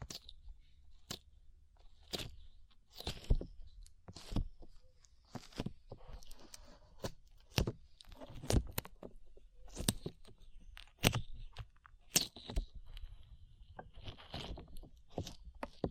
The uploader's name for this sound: ASMR SLIME IN YOUR EARS